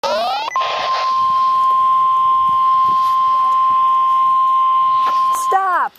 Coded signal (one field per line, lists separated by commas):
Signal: Emergency Alert System (SAME) tones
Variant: 1050 Hz attention tone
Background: speech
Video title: Flash Flood Warning (EAS #374)